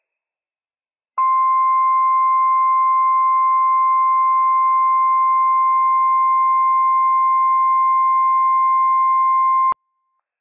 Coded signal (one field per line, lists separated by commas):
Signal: Emergency Alert System (SAME) tones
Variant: 1050 Hz attention tone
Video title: Welcome to Meteorological Winter - NWS Pendleton, OR RWT - WWF56 - EAS #205 - 10:28 AM PST 12/01/21